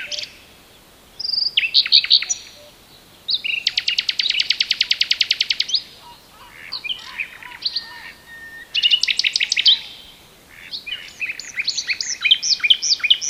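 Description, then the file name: Common nightingale singing varied phrases: sharp notes, a long machine-gun trill, softer low notes, another fast rattling series, then chattering notes. "Luscinia megarhynchos"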